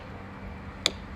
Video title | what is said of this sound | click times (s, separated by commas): 100 SERIES LAND CRUISER LIFT GATE LOCK ACTUATOR MOTOR REPLACEMENT | once pushing it and it clicks that's your cue that it is unlocked and you should be able to uh slide it out | 0.9 s